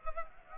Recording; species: mosquito wingbeat signal from an infrared sensor; Culex pipiens